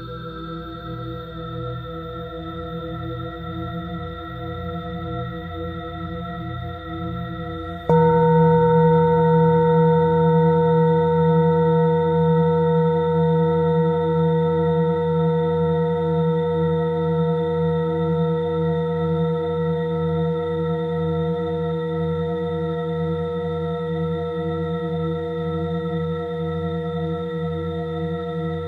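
A singing bowl hums with a steady, layered ring for the first eight seconds, its low tones slowly wavering. Then it is struck, and a louder, brighter tone blooms over the hum and sustains, fading only gradually through the rest of the clip.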